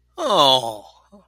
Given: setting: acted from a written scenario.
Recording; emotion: vocal sound without words; realization